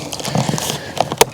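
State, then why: Seated. The bottom lock channel of a vinyl siding panel, started with a vinyl removal tool, is pressed down onto the panel below so it hooks on. Light scraping and small plastic ticks lead up to one sharp, loud snap at 1.2 s, and the panel is seated in the lock of the course below.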